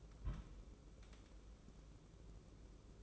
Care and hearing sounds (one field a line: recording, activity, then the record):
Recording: daily activity, microphone in the room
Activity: place on stove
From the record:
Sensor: 1